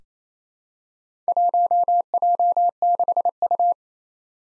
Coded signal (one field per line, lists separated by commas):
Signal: Morse code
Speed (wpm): 27 wpm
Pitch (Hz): 700 Hz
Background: none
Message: 1J6U